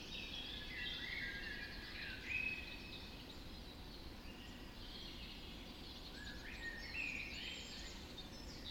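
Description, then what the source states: Birds in a dawn chorus, several overlapping high twittering and whistled songs, with a steady low rumble of background noise throughout. Dawn chorus recorded just after dawn in the Forest of Dean.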